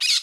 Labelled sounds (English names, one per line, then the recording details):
Brown-throated Parakeet contact call
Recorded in Curacao
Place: Hoffi Jan Thiel
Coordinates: 12.094, -68.877